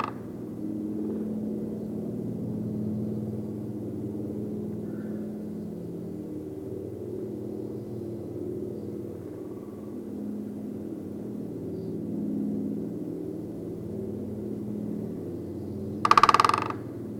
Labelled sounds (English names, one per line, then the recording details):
Great Spotted Woodpecker drumming
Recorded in the wild
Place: Venz, Insel Rügen, Mecklenburg-Vorpommern, DE
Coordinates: 54.497, 13.302
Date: 1975-02-22
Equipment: Nagra III BH, Sennheiser MD 21, parabola
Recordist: Schubert, Michael